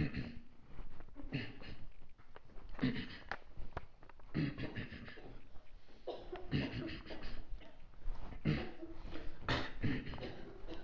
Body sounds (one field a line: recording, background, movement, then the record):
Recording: throat clearing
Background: a bystander coughing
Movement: walking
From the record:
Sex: male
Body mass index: 23.7 kg/m2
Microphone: on the chest, facing outward